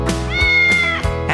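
Cat meow, one long steady mewing call.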